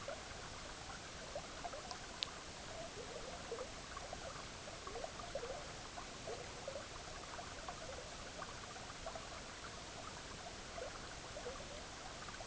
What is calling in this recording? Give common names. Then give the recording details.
none. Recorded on Arctic tundra, site EABA-MC, on 18 June 2019. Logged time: 10:00